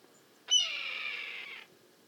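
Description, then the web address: Red-tailed hawk giving a single hoarse, raspy scream about a second long, harsh and buzzy, fading slightly at the end, with quiet background otherwise. "red tailed hawk. صدای-عقاب-دم-قرمز"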